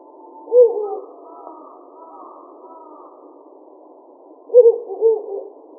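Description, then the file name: Ural owl hoots, one short low hoot at the start, then a cluster of two or three hoots about four seconds on, with faint hiss between. Recorded 25 May 2017. "hukurou 170525"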